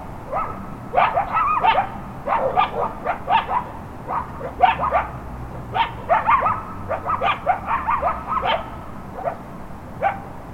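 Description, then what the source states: Coyotes in a yipping chorus, rapid overlapping high yelps and short quavering howls almost nonstop throughout, over a soft low rumble. Coyotes roaming the Hollywood hills on a cool April night at midnight.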